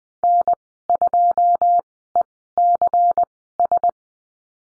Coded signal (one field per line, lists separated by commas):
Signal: Morse code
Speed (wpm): 20 wpm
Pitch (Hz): 700 Hz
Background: none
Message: N2ECS